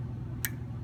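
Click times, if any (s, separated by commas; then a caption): 0.4 s. A valve knob on a calibration gas cylinder is turned a quarter turn counterclockwise by hand after the nozzle has been opened with a wrench. A single sharp, bright click is heard at 0.5 s over a steady low hum. The knob clicks into the open position.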